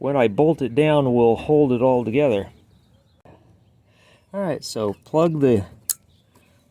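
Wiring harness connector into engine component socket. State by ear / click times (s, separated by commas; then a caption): seated / 5.9 s. A wiring harness connector is plugged back into the socket of a component just placed on the engine of a Mini Cooper R56 while someone talks. A loud, sharp click is heard at 5.9 seconds as the connector seats.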